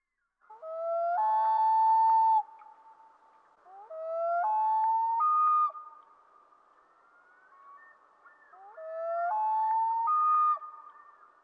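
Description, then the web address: Common Loon wail, long mournful notes that rise then hold steady, repeated three times, the second gap much longer than the first. "Dan Gibson Wildlife Identification By Sound, Eastern North America Pt 1. Common Loon"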